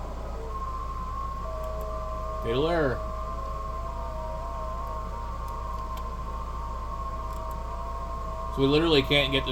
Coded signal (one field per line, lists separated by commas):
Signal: FT8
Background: speech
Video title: i think ft8 software possibly is shady 🤔